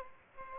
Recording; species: mosquito wingbeat signal from an infrared sensor; Aedes aegypti